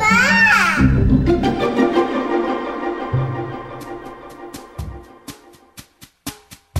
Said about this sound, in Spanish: Voy a escribir como llora un niño. Es decir, no llora porque está triste, sino que llora para informar. Tranquilamente. Un llanto en las ondas.